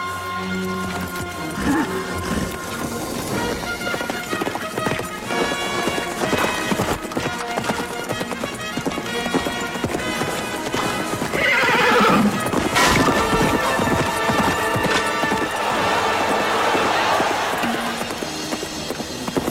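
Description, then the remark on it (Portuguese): A horse in a tournament, its rider still mounted, gallops with quick, rhythmic hoofbeats throughout, and partway through it lets out a loud, rising and falling whinny, all over a steady, sustained tonal backdrop. “Conhece as regras, ele ainda está no cavalo.”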